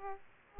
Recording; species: mosquito wingbeat signal from an infrared sensor; Aedes aegypti